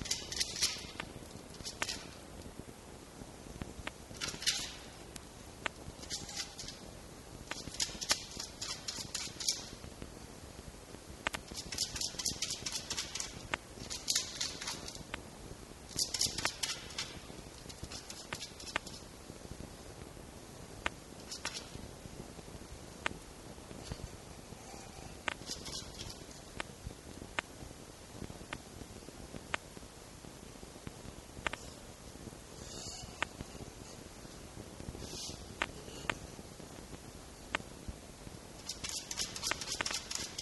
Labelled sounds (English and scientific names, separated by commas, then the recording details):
Red Fox (Vulpes vulpes)
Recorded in captivity
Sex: male
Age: adult
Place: Zoologisches Institut der HUB, Berlin, DE
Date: 1955-04-23
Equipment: Elmetra
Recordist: Tembrock, Günter
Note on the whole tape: Jupp (an der Tür zum Mittelzimmer, dort Zenzi mit Welpen): LMf (o) (Scharren) und Winseln. Achtung technische Probleme: Störimpulse